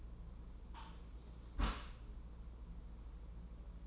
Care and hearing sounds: daily activity, microphone in the room; close dishwasher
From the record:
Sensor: 1

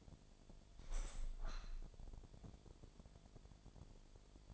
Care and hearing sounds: daily activity, microphone in the room; open window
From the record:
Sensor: 5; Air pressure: 1006.6 hPa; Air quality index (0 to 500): 190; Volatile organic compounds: 5 ppm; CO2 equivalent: 1806 ppm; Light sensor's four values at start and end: 56/160/62/63 and 56/160/62/63

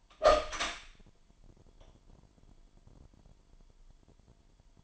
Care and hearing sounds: daily activity, microphone in the room; open door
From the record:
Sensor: 5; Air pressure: 998.5 hPa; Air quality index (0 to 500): 81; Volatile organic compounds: 1 ppm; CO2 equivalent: 922 ppm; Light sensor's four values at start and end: 33/81/33/37 and 33/82/34/37

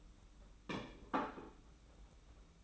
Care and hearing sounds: daily activity, microphone in the room; place plate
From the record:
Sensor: 1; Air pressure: 991.8 hPa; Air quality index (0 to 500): 165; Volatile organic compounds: 1000 ppm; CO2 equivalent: 6202 ppm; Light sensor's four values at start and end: 29/99/38/39 and 28/97/38/38

